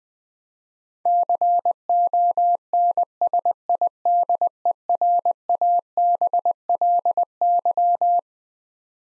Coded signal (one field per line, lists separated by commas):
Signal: Morse code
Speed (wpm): 21 wpm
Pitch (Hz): 700 Hz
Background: none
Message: CONSIDERABLY